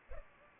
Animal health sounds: mosquito wingbeat signal from an infrared sensor; Culex pipiens

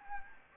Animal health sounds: mosquito wingbeat signal from an infrared sensor; Anopheles gambiae

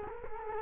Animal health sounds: mosquito wingbeat signal from an infrared sensor; Culex quinquefasciatus

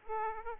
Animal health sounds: mosquito wingbeat signal from an infrared sensor; Aedes aegypti

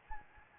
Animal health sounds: mosquito wingbeat signal from an infrared sensor; Anopheles gambiae

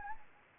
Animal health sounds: mosquito wingbeat signal from an infrared sensor; Anopheles arabiensis

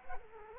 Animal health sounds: mosquito wingbeat signal from an infrared sensor; Culex quinquefasciatus

